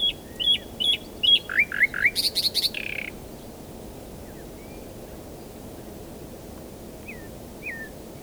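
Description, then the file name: Common nightingale song: repeated whistled notes, a quick series of rising slurs and a harsh rattle, followed by long quiet and two soft whistles. "Luscinia megarhynchos"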